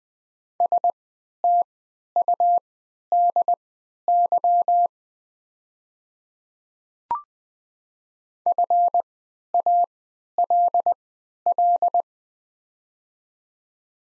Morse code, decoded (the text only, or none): STUDY FALL